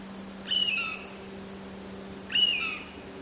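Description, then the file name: Eurasian jay, a pair of rasping calls about two seconds apart; faint high chirping and a steady hum underneath. "kakesu"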